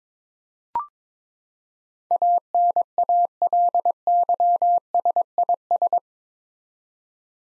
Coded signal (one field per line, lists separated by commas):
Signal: Morse code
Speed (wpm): 22 wpm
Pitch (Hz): 700 Hz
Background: none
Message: ANALYSIS